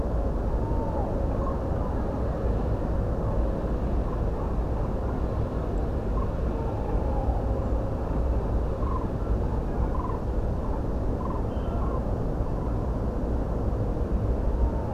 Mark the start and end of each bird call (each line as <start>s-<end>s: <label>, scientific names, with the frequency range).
0.59s-1.16s: Strix aluco (0.5-3.0 kHz)
1.37s-1.62s: Grus grus (0.9-2.0 kHz)
1.41s-1.48s: Turdus philomelos (6.0-7.2 kHz)
4.07s-4.24s: Grus grus (1.0-1.3 kHz)
5.02s-5.22s: Grus grus (1.2-1.7 kHz)
6.14s-6.27s: Grus grus (0.9-1.3 kHz)
6.51s-7.34s: Strix aluco (0.7-1.0 kHz)
8.02s-8.19s: Grus grus (0.9-3.3 kHz)
8.78s-9.08s: Grus grus (0.8-2.4 kHz)
9.93s-10.18s: Grus grus (0.9-1.2 kHz)
10.63s-10.81s: Grus grus (0.8-1.2 kHz)
11.19s-11.39s: Grus grus (0.9-1.2 kHz)
11.81s-12.02s: Grus grus (0.9-1.3 kHz)
12.54s-12.71s: Grus grus (0.9-1.2 kHz)
14.43s-14.94s: Strix aluco (0.8-1.1 kHz)